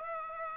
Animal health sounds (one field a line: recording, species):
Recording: mosquito wingbeat signal from an infrared sensor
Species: Aedes aegypti